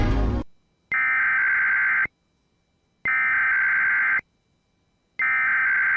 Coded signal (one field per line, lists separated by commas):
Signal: Emergency Alert System (SAME) tones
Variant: header bursts